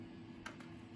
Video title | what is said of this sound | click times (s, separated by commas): Fidget Widget: Fidget Spinner on Steroids by DesignTheProduct.com | number two you can twist it and it snaps due to magnets in the bottom gives you that satisfying snap | 0.5 s